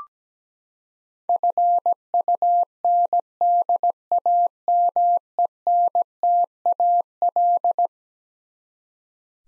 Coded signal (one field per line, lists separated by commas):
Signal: Morse code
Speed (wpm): 17 wpm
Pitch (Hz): 700 Hz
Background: none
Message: FUNDAMENTAL